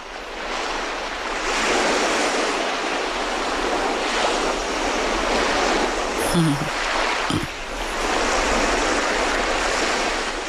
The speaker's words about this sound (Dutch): Ja, We horen de zee. De zee, ja. De zee, de oceaan, golven.